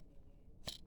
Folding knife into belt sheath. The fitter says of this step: you can hear it snap in there it is not going to come out